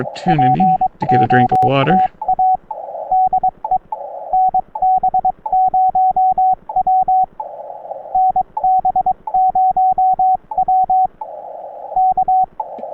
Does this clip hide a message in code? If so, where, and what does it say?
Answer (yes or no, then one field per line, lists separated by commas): yes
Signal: Morse code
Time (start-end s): 0.3-12.4 s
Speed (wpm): 22 wpm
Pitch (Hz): 750 Hz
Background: speech, radio noise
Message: POTA DE NB0W NB0W K